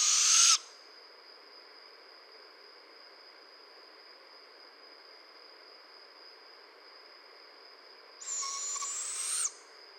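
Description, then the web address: Barred owl hoarse screeches: one ending at the start, another about eight seconds later, steady faint high hum between. Recorded 15 June 2011. "Barred Owl 2011 06 15"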